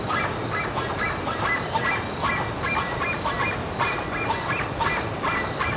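Bird calls, a chorus of nasal honks in uneven quick bursts, several birds overlapping, with constant rumbling background noise.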